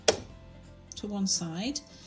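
On a sewing machine, the bobbin winder spindle with the bobbin on it is pushed sideways into its engaged position so the machine will wind. A short, sharp click sounds at 0.1 s as it seats, then someone talks.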